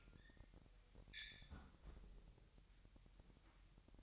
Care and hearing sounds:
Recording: daily activity, microphone in the room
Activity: close fridge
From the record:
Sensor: 3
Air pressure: 1001.9 hPa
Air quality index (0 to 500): 245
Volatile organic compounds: 50 ppm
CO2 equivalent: 3291 ppm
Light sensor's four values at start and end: 12/36/15/13 and 12/36/15/13

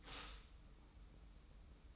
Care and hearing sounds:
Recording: daily activity, microphone in the room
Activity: stop toaster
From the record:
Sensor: 1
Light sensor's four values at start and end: 28/66/28/30 and 28/66/28/30

